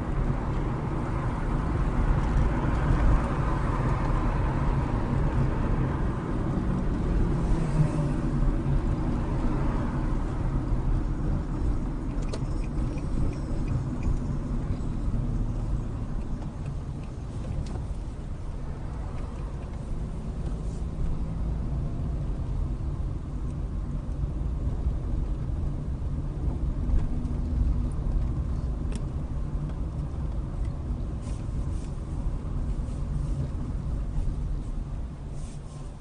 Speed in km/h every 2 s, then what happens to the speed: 50, 52, 47, 42, 35, 31, 29, 21, 13, 13, 18, 19, 21, 21, 21, 21, 18, 11.
3-16 slows to 13. 16-21 speeds up to 19. 21-30 steady at about 21. 30-36 slows to 11.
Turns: 13-17.